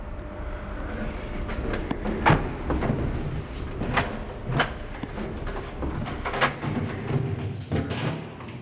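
In a telescope structure, a narrow door leading outside onto a steel platform opens with a series of sharp metallic clunks and rattles, spaced about a second or two apart, over a steady low mechanical rumble.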